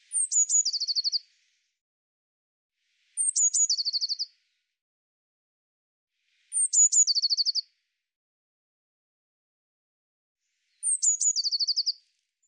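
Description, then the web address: Eurasian blue tit repeating its song four times, a few seconds apart: sharp high notes dropping into a fast trill. "cianscape birddata Deverinetal 2025 File cleaned normalized Bird Cy Ca"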